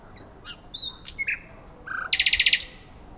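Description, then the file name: Common nightingale song: varied thin whistles and clicks building into a fast run of loud, evenly repeated pulsing notes with a high final note. "Luscinia megarhynchos"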